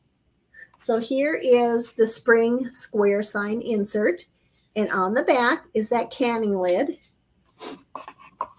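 Someone talks while handling a spring square sign insert with a canning lid on its back, about to press it into the opening of a sign frame. Two short, light taps sound near the end, at about 8.0 s and 8.4 s. The insert has not seated or clicked into the frame yet.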